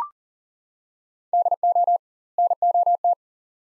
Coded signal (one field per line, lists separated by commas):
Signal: Morse code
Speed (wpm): 40 wpm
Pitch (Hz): 700 Hz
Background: none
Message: DO NOT